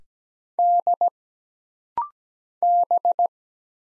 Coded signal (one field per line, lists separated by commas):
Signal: Morse code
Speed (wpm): 17 wpm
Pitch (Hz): 700 Hz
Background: none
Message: D B